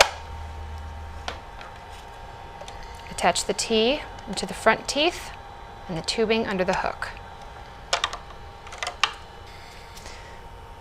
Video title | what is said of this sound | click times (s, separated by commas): MAGELLAN PRP ΜΕΘΟΔΟΣ ΑΝΑΛΥΤΙΚΑ | push down until you hear a click attach | 0.0 s